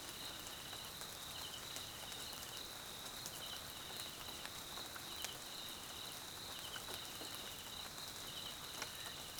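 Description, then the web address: Crickets chirping in a steady high trill, with short pulsed chirp bursts repeating at intervals, over constant rain patter and scattered raindrops. South African crickets, background ambience at night in rain, Mkhaya jungle, Swaziland. "Tonschliff - SOUTH AFRICAN CRICKETS BG Swaziland Mkhaya Jungle Night Rain"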